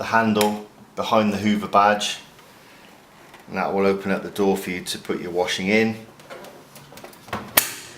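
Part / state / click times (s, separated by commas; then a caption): front-loading washing machine door into its latch / seated / 7.6 s. A front-loading Hoover washing machine door is pushed firmly closed until it latches shut, with the click at 7.6 s. Someone talks first, then softer handling sounds lead up to a sharp, loud hit as the latch catches.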